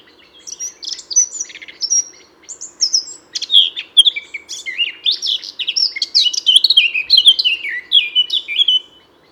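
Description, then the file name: Eurasian blackcap warbling continuously, a busy stream of varied twittering notes that turns into loud, fluty falling whistles toward the finish, over a faint constant hum. "Sylvia atricapilla"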